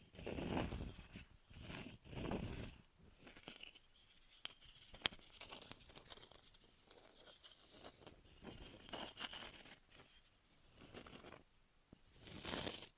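Ear massage and cleaning sounds: soft rubbing and crinkly scratching in uneven bursts, with brief silent gaps and a sharp click near five seconds.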